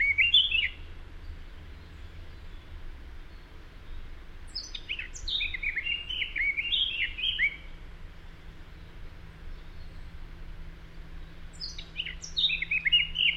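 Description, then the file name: Eurasian blackcap song phrases: scratchy high notes leading into rich descending whistled warbles, repeated three times with gaps, over low background rumble and hum. "Sylvia atricapilla"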